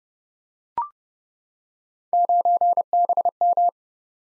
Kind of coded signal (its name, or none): Morse code